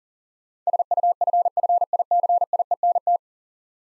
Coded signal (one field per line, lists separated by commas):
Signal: Morse code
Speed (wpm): 43 wpm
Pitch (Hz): 700 Hz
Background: none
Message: SUFFICIENT